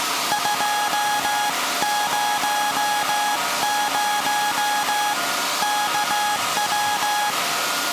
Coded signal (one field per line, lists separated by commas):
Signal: Morse code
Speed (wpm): 17 wpm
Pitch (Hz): 830 Hz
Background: none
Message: 200 KW